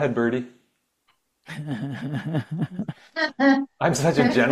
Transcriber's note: laughs